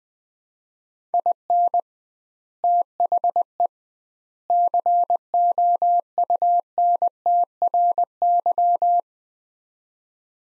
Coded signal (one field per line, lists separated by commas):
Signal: Morse code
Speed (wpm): 20 wpm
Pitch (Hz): 700 Hz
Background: none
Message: IN THE COUNTRY